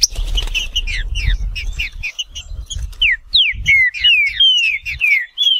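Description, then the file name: Green-winged saltator song of quick whistled notes becoming longer, clearer downslurred whistles, with low rumbling noise in the first half. "canto do trinca ferro"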